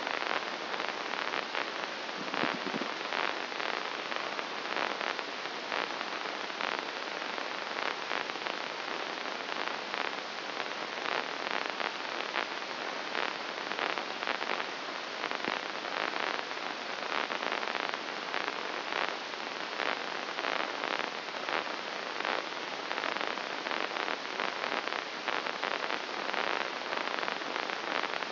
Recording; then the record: brain microelectrode recording played as sound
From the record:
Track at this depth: inside the subthalamic nucleus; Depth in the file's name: 3.502 mm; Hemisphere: left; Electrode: 2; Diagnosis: Parkinson's disease